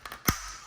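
While prying apart the plastic shell halves of a PS4 game controller, an internal shell clip releases with a sharp click at 0.3 s. Two fainter taps come before it, and the clip is released.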